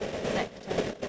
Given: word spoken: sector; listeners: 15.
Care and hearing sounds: one English word in noise, from a listening test; noise modulated by three-talker babble; -7.8 dB; 2 of 15; 6 of 15; 0.69 s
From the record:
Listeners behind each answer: 6, 5, 2, 1, 1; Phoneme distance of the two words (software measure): 10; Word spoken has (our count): 2 syllables, 5 phonemes, stress on syllable 1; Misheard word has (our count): 2 syllables, 5 phonemes, stress on syllable 1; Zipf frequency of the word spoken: 4.95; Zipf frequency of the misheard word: 3.55

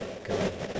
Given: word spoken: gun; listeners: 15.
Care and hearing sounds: one English word in noise, from a listening test; noise modulated by three-talker babble; -7.2 dB; 1 of 15; 6 of 15; 0.40 s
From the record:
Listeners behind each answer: 6, 1, 1, 1, 1, 1, 1, 1, 1, 1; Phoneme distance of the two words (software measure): 20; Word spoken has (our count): 1 syllable, 3 phonemes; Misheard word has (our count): 1 syllable, 3 phonemes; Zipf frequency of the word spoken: 4.60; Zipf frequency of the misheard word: 4.66

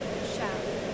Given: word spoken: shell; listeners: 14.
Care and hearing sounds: one English word in noise, from a listening test; speech-shaped noise; -6.5 dB; 0 of 14; 9 of 14; 0.55 s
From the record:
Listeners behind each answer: 9, 2, 2, 1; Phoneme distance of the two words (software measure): 20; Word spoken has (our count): 1 syllable, 3 phonemes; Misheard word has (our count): 1 syllable, 3 phonemes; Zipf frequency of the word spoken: 4.39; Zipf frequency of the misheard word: 4.43

